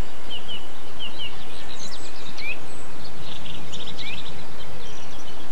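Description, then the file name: Birds chirping: brief slurred whistles and buzzy trills come and go over a constant wash of low background noise. Recorded 8 April 2007 on an MZ-N 710 recorder. "MZ-N 710 Chants d oiseaux 8 04 07 extrait"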